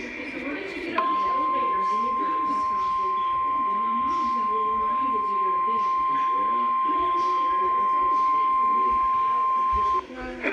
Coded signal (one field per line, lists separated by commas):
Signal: Emergency Alert System (SAME) tones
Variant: 1050 Hz attention tone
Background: speech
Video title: EAS #157 Severe Thunderstorm Warning